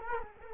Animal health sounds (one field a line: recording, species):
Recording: mosquito wingbeat signal from an infrared sensor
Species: Culex quinquefasciatus